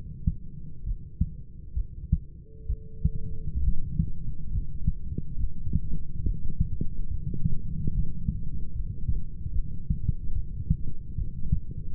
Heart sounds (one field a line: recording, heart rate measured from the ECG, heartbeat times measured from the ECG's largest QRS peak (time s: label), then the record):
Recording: heart sounds by stethoscope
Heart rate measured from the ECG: 70 bpm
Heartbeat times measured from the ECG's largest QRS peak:
0.84 s: heartbeat
1.74 s: heartbeat
2.67 s: heartbeat
3.62 s: heartbeat
4.51 s: heartbeat
5.38 s: heartbeat
6.23 s: heartbeat
7.09 s: heartbeat
7.93 s: heartbeat
8.74 s: heartbeat
9.53 s: heartbeat
10.34 s: heartbeat
11.16 s: heartbeat
From the record:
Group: healthy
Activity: rest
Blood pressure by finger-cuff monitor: 127/58 mmHg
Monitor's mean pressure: 77 mmHg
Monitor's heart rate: 68 bpm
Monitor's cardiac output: 7 L/min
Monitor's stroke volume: 104 mL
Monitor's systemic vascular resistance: 800 dyn s/cm5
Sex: male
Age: 25 years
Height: 170 cm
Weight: 70.4 kg